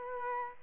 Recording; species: mosquito wingbeat signal from an infrared sensor; Culex quinquefasciatus